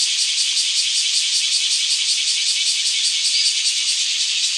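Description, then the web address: Bear cicada song: a loud, dense, continuous high buzz with a fast, uneven pulsing throb running through it throughout. Recorded on 8 July 2015. "birdenaga kumazemi"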